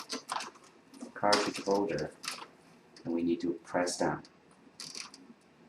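A refillable CISS ink cartridge is handled over the inkjet printer carriage of a Canon MG6320, MG7120, MG6240, MG5520, MG5420, MG5422 or MX922 printer, ready to be pressed down. Someone talks throughout, with a few faint, brief handling knocks around 0.3, 3.0 and 4.8 to 5.1 seconds. Nothing has seated or clicked yet; the cartridge is not yet home when the clip ends.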